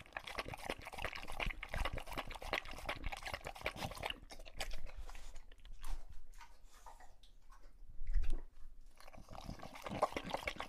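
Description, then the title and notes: English Bulldog lapping water, rapid wet slurping strokes for about four seconds, then slower sloppy laps and scattered splashes. Male English Bulldog named Lucho drinking water from a bowl after a long walk, breathing heavily and out of breath between drinks. "English Bulldog Drinks from Water Bowl. listen to Lucho the English Bulldog as he tries to drink water after a long walk. Don't let his heavy breathing fool you in between drinks, he's equally out of breath from the walk"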